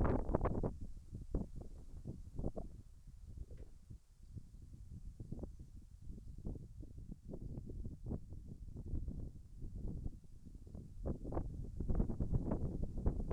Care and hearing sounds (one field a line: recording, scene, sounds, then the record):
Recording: everyday scene through a hearing-aid microphone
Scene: wind on the microphone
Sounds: wind, whistling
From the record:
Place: in front of a rural house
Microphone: behind the ear, right, rear